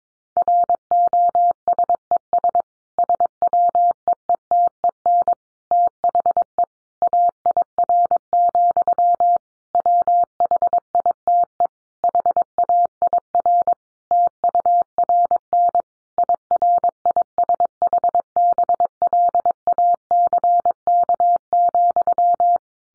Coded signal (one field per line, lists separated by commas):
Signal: Morse code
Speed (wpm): 22 wpm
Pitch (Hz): 700 Hz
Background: none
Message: ROSES SWEETEN THE AIR, WHITE HAIR TURN IRISH BLACK,